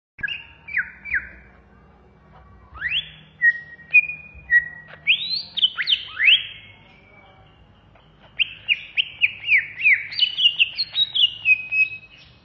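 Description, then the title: Greater green leafbird giving loud swooping whistles and sharp slurred notes, then a fast series of repeated high chirping phrases near the end. Greater green leafbird of the Banyuwangi type, singing in the rapid 'ngentrok' style, described as 'ngamuk' (raging, agitated) singing. "Cucak ijo Banyuwangi"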